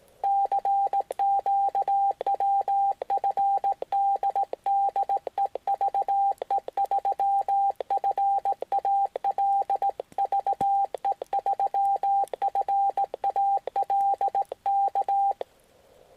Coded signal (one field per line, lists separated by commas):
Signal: Morse code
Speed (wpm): 18 wpm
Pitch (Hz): 790 Hz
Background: radio noise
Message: CQ WFD DE VE3FAL VE3FAL K